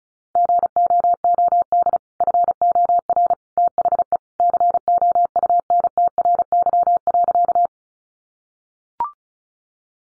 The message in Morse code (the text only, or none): GOOD FOR THE COUNTRY.